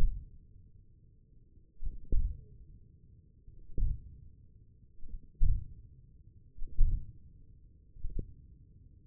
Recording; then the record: forearm muscle sounds (acoustic myography)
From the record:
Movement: hand opening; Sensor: system 1, eight BSWA MPA416 microphones around the upper forearm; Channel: 1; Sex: male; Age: 28 years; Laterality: right